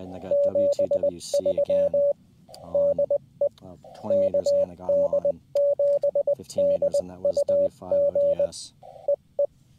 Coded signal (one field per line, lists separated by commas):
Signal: Morse code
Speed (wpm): 20 wpm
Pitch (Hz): 570 Hz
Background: speech, radio noise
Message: 73 DE KD7DUG EE